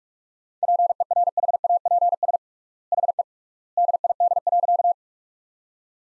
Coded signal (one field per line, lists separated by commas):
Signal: Morse code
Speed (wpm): 41 wpm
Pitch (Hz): 700 Hz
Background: none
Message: PERHAPS HE DID.